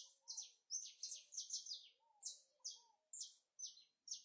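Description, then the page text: Rufous-collared sparrow giving bursts of sharp, high, downslurred chirps in quick runs, with soft lower whistled notes beneath and pauses between bursts. "TICO TICO (Zonotrichia Capensis) #natureza #bird"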